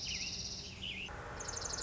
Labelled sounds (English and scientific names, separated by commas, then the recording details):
Dark-eyed Junco (Junco hyemalis)
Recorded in Sonoma County, California